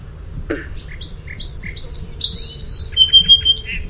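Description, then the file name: Song sparrow song: a few sharp introductory notes, then paired high whistles, a buzzy jumble and a closing trill of rapid repeated notes, over low background rumble. "SOSP song"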